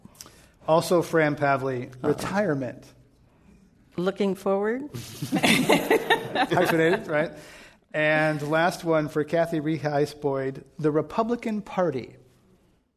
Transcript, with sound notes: Also Fran Pavley, retirement.
Looking forward.
[Laughter]
And the last one for Cathy Reheis-Boyd. The Republican Party.